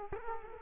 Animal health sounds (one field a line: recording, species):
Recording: mosquito wingbeat signal from an infrared sensor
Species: Culex quinquefasciatus